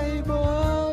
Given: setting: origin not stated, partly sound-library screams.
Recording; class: one-second piece from a danger detection set; normal situation